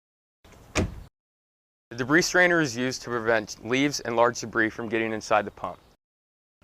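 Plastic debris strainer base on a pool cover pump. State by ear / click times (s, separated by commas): seated / 0.8 s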